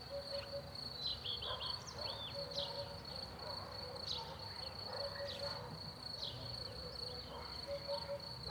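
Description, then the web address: Birds: bird chorus of quick twittering chirps and short whistles, layered over a constant high-pitched hum and soft background noise. Morning chorus in a rural countryside zone; quad four-channel recording. "Sonniss com - GDC 2019-Game Audio Bundle Rural zone countryside bird morning chorus"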